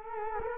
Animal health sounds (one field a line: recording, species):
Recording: mosquito wingbeat signal from an infrared sensor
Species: Culex quinquefasciatus